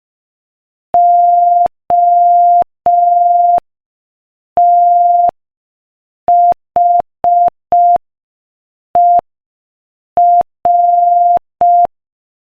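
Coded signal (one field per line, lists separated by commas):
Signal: Morse code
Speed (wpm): 5 wpm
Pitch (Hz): 700 Hz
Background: none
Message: OTHER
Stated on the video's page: Beginner Morse listening practice at 5 wpm.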